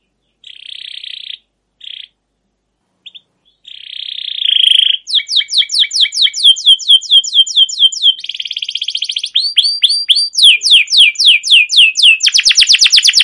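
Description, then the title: Canary song opening with a few short rough notes and pauses, then a long fast series of downward-sweeping chirps and buzzy rolls, ending in a rapid trill. Canary's long rolling trilled song, used as a lure to stimulate other canaries to sing. "CUIT CUIT NGEROL LANGSUNG GACOR PANJANG Kenari Ini AMPUH Utk Pancingan KENAR. Suara Burung Kenari Gacor Panjang cuit cuit Ngerol untuk Pancingan Kenari"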